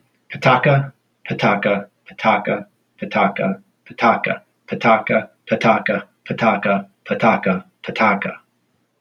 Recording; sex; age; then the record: repeated syllables /pa ta ka/; male; 40 to 49 years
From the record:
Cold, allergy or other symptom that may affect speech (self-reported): no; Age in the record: 47 years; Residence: Michigan, United States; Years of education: 16